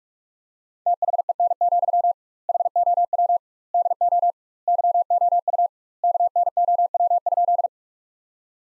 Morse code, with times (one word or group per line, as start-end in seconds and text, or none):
0.9-2.1 THEN,
2.5-3.4 HOW
3.7-4.3 DO
4.7-5.7 YOU
6.0-7.7 KNOW?